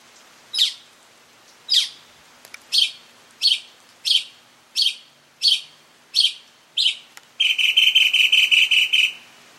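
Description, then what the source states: Mockingbird song: a series of harsh, scratchy notes, ending in a rapid buzzy trill. Male.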